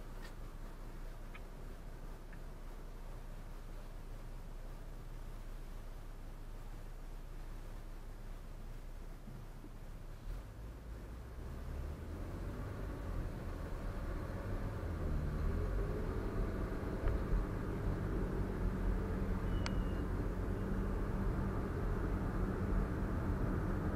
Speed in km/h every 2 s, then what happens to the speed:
0, 0, 0, 0, 0, 0, 5, 15, 27, 37, 48, 56.
0-11 standing. 11-24 pulls away to 56.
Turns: none.